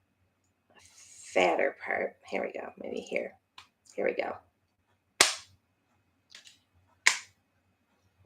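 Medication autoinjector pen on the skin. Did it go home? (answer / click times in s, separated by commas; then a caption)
yes / 5.2 s, 7.1 s. A single-dose medication autoinjector pen is pressed against the skin, and its button is pushed and held. After someone talks, the pen gives two loud, sharp clicks at 5.2 s and 7.1 s, marking the start and completion of the injection. Both clicks are confirmed, so the dose went in.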